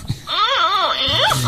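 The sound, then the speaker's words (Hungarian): A baby's crying wail rises and falls in pitch in one long, wavering, moderately loud cry, dipping briefly before climbing again at the end. “Nagyon sír ez a baba, meg kell vigasztalni.”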